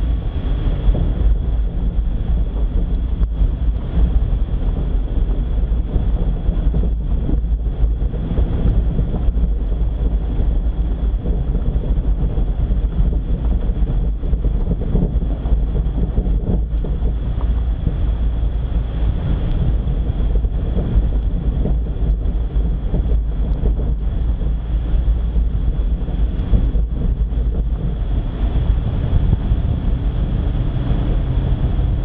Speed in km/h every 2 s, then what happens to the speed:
32, 32, 31, 30, 30, 30, 30, 31, 31, 31, 30, 32, 34, 35, 36, 36.
0-32 steady at about 31.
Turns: none.